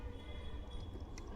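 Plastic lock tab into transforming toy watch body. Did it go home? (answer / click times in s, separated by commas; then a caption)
no / none. Someone firmly presses the plastic lock tab of a transforming toy watch to lock the band part into the watch body, over a steady low background hum with a brief faint tap near 1.2 s. Nothing has locked or clicked yet, because the piece was placed wrongly.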